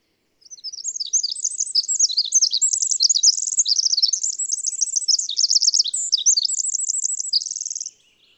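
Bird song: a long, continuous high twittering stream of chirps and trills for over seven seconds, closing with a rapid rattled trill.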